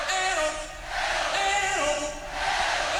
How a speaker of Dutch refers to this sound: Dit is heel beroemd gedaan tijdens Live Aid. Moet je het publiek horen.